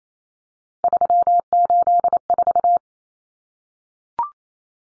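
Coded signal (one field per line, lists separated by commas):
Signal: Morse code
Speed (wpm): 28 wpm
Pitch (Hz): 700 Hz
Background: none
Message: 384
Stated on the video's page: Head-copy drill of three-digit numbers in cut numbers (T, A, N for 0, 1, 9) at 28 wpm, each sent, spoken, then sent again.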